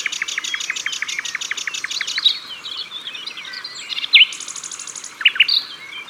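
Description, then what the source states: Common nightingale song: rapid repeated chirping notes, then a sharp whistle, a short buzzy trill and further clipped notes. Recorded at the water's edge.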